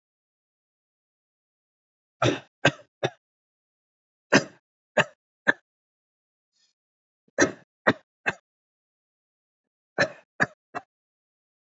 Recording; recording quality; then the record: shallow voluntary cough; excellent, no background noise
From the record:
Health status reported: healthy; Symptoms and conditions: none ticked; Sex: male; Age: 38 years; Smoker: not ticked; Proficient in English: yes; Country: India